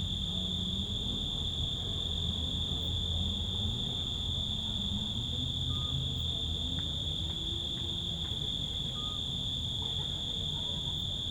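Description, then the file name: Insects keep up a steady shrill drone over a low background rumble, with a couple of brief faint chirps. Insects in nature, including loud insects, recorded on Zakynthos. "szunyogeshangosrovarok emberesmotorizacio zakynthos"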